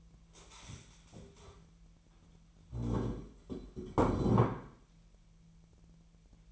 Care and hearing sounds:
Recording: daily activity, microphone in the room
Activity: stand up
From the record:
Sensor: 1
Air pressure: 1002.0 hPa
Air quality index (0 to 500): 242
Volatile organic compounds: 107 ppm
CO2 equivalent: 3798 ppm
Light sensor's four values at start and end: 10/24/10/11 and 10/24/10/11

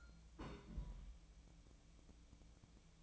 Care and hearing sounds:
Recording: daily activity, microphone in the room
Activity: place on stove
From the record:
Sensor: 1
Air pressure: 1000.0 hPa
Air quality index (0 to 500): 134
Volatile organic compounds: 2 ppm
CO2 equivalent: 1267 ppm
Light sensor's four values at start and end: 41/103/43/54 and 41/103/43/54

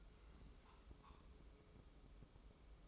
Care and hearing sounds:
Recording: daily activity, microphone in the room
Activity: take from stove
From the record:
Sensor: 1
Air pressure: 995.4 hPa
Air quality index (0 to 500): 29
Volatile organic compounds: 1 ppm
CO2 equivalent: 544 ppm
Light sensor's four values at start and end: 29/101/38/40 and 29/101/38/40

